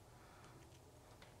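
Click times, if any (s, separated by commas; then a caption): none. A crimped metal power contact is being pushed into a plastic connector housing with a small flathead screwdriver, with a steady low hum and faint scraping ticks as it is worked in, the sharpest at about 1.2 s. The contact has not seated or clicked into the housing yet.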